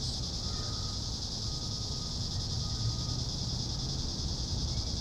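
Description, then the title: Cicada chorus as a continuous shrill hiss, constant throughout, with a heavier low rumble underneath. "neoscenes: cicadas"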